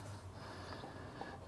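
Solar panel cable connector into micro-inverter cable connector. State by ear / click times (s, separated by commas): not seated / none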